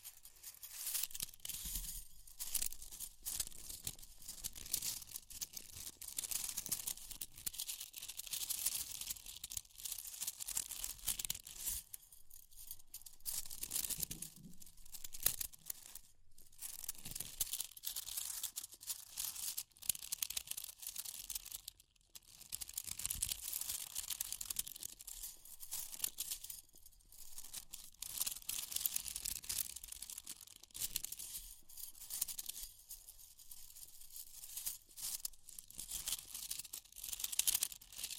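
Fire crackles in dense, irregular bursts of bright snapping and crinkling, thinning briefly around 12, 16 and 22 seconds before resuming.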